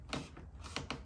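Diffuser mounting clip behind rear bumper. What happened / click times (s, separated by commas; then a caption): The plastic trim clip snapped into place / 0.1 s, 0.8 s. An aggressive diffuser on a 2022 Honda Accord 2.0T is held at the bottom and pushed in until its plastic mounting clip behind the rear bumper snaps home, with clicks at 0.1 s and 0.8 s among a few other sharp knocks. The diffuser is seated and now solid.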